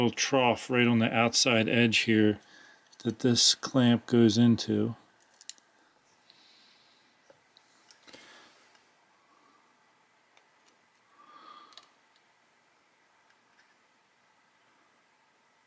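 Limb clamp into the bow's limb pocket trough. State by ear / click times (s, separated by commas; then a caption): not seated / none. Someone talks about the limb clamp on a compound bow while fitting it into the small trough on the outside edge of the limb pocket. After the talk, a few faint, brief clicks and light handling sounds follow over a quiet background. Nothing has seated or clicked into place yet.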